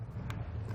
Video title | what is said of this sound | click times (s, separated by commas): etrailer - MORryde Tailgate Reinforcement Kit Installation - 2013 Jeep Wrangler Unlimited | pushed on until you hear the little snap into place | 0.3 s